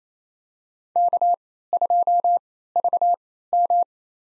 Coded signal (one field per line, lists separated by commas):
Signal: Morse code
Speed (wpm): 27 wpm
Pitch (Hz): 700 Hz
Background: none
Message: K2VM